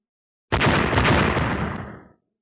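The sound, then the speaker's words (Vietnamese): A single loud, booming, echoing explosion bursts in suddenly, then rumbles on with a broad, crackling roar that slowly fades out over about a second and a half. “Tay phải của Tu Minh ấn vào ngón tay thứ nhất giáng xuống, tiếng nổ vang vọng”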